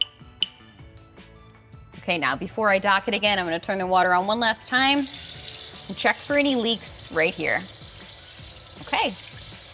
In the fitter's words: I'm just going to screw this until it clicks two to three times